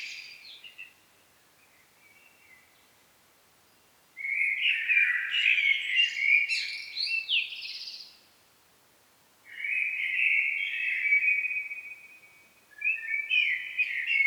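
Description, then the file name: Common blackbird song with soft notes, then rich fluty phrases broken by high scratchy twitters, pausing between phrases. "Turdus merula"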